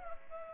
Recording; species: mosquito wingbeat signal from an infrared sensor; Culex pipiens